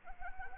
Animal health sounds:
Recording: mosquito wingbeat signal from an infrared sensor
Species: Anopheles arabiensis

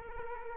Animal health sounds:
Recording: mosquito wingbeat signal from an infrared sensor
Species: Culex quinquefasciatus

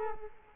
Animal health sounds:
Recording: mosquito wingbeat signal from an infrared sensor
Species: Culex quinquefasciatus

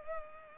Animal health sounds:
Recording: mosquito wingbeat signal from an infrared sensor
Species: Culex pipiens

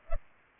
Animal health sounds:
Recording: mosquito wingbeat signal from an infrared sensor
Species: Culex pipiens

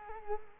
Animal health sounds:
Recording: mosquito wingbeat signal from an infrared sensor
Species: Culex quinquefasciatus

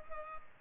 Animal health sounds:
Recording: mosquito wingbeat signal from an infrared sensor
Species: Culex pipiens

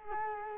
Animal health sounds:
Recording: mosquito wingbeat signal from an infrared sensor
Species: Culex quinquefasciatus

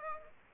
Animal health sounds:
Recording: mosquito wingbeat signal from an infrared sensor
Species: Aedes aegypti

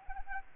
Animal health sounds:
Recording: mosquito wingbeat signal from an infrared sensor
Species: Anopheles arabiensis

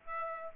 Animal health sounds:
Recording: mosquito wingbeat signal from an infrared sensor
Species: Aedes albopictus

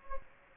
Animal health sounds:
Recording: mosquito wingbeat signal from an infrared sensor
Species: Anopheles gambiae

